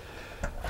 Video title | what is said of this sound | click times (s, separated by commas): Atlanta locksmith Kevin Wilson shows you exactly what is the perfect door ! | how it latches and Clicks in place | 0.4 s